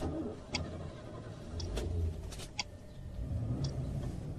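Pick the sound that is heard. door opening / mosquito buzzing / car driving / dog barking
car driving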